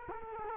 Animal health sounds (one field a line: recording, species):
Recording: mosquito wingbeat signal from an infrared sensor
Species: Culex quinquefasciatus